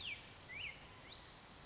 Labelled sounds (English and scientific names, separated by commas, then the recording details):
Black-headed Grosbeak (Pheucticus melanocephalus)
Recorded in Sonoma County, California